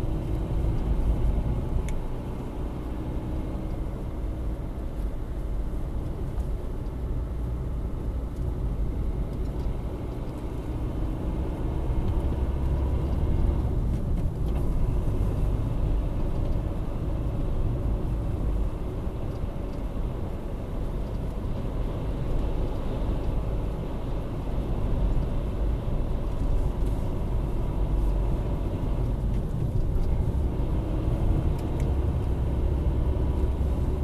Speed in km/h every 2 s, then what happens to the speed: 46, 49, 46, 45, 44, 45, 53, 53, 54, 52, 51, 50, 50, 51, 46, 48, 49.
0-10 steady at about 45. 10-15 speeds up to 54. 15-34 steady at about 50.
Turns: none.